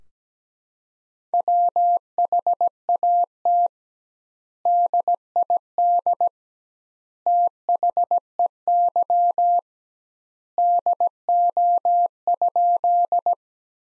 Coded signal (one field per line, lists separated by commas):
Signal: Morse code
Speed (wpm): 17 wpm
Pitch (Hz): 700 Hz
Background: none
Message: WHAT DID THEY DO?